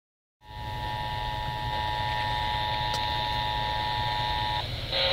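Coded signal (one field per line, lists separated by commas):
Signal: Emergency Alert System (SAME) tones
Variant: 853 and 960 Hz attention tone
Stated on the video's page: Flash flood warnings received on AM and FM broadcast transmitters in Arizona.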